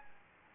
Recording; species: mosquito wingbeat signal from an infrared sensor; Anopheles gambiae